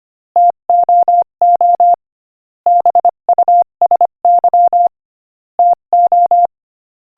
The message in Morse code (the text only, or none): TOO BUSY TO